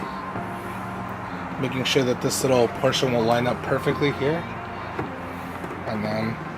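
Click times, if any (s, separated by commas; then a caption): none. Someone talks while a car's taillight assembly is held close against the car body and lined up, ready to be pushed so its plastic clip engages. A steady low hum runs underneath, with no sharp impact. Nothing has seated or clicked yet.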